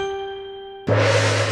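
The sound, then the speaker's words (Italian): A sustained metallic ring fades slowly, then a single loud gong strike bursts in with a bright, noisy shimmer over deep humming tones. “Prendo la mira e in questa song, sì cari amici, io sono il gong.”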